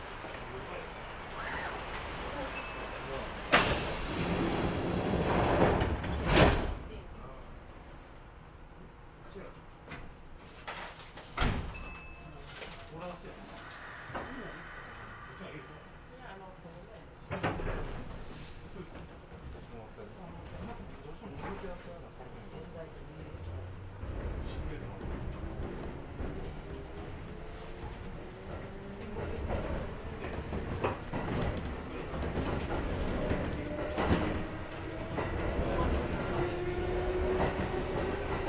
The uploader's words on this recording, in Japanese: 耳で楽しむ鉄道旅 近鉄大阪線 区間準急 大和朝倉→近鉄下田。大和朝倉始発の区間準急大阪上本町行きに乗り換えました。6両編成で桜井からは学生が乗ってきます。区間準急なので途中の河内山本までは各駅停車となります。